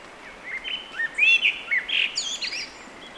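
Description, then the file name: Eurasian blackbird singing one phrase: low fluted, warbling whistles that break into a high, squeaky, twittering flourish toward the end. "Turdus merula"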